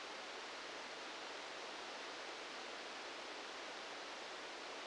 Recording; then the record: brain microelectrode recording played as sound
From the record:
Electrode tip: outside the subthalamic nucleus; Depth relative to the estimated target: -8 mm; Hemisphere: left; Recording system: NeuroSet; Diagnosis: Parkinson's disease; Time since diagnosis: 19 years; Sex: female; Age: 69 years